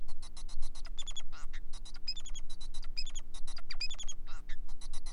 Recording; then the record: song of a male Bengalese finch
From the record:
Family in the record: son of father 4